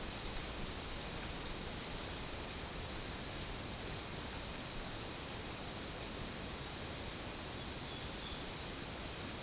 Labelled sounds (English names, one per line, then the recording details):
none
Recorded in secondary vegetation near Puerto Asís, Putumayo, Colombia, on 8 March 2025 at 13:00
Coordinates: 0.485, -76.322
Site G040